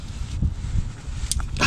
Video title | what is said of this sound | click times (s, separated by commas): 2014 Nissan Altima oxygen sensor removal | There we go. Did you hear that click? | 1.3 s, 1.4 s